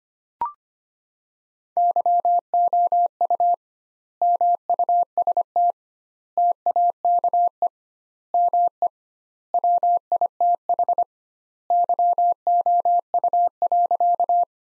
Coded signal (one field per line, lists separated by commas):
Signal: Morse code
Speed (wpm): 25 wpm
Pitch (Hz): 700 Hz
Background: none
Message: YOU MUST TAKE ME WITH YOU.